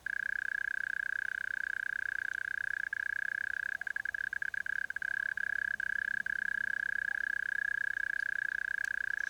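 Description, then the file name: Mole cricket singing a continuous, even churring trill at a fixed pitch, with a few short breaks midway before it carries on. A well-established mole cricket at 9:35 pm on 8 May 2016. "Mole Cricket. PAUL BROCK"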